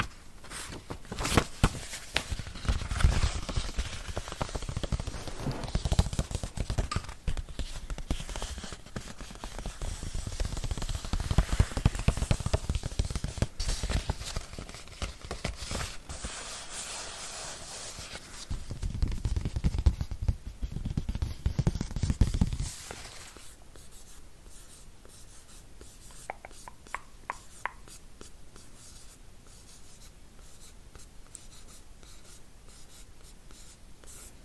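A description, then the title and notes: Tapping, tracing and scratching on a book, a dense run of quick taps and rubbing strokes with fuller, louder stretches around 3, 11 and 20 seconds. After about 23 seconds it turns much quieter, leaving sparse light scratches and faint ticks. ASMR Book Tapping, Tracing, Scratching.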